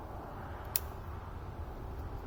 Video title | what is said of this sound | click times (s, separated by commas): Changing The PTO Clutch On A 1992 Bunton 60" Zero Turn Mower- McCauley's Garage LLC | And so you'll push it till you hear a click. | 0.8 s